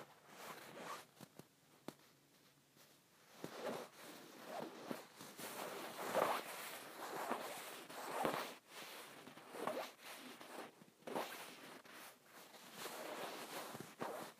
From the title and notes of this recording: ASMR Scratching my Pillow.